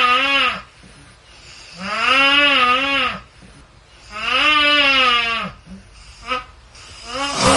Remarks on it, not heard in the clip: I have always been a loud snorer. when I had a cold a few weeks ago. Apparently in real life, it was much louder and high pitched.